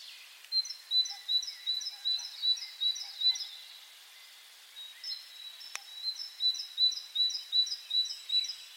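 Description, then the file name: Great tit song in two bursts of regular two-note phrases, each repeated several times, with a single sharp click between them. "Parus major"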